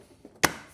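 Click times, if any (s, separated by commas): 0.4 s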